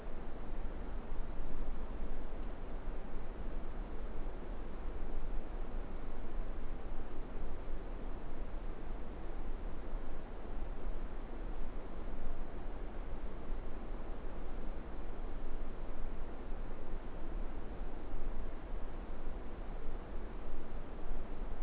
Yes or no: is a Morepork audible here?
no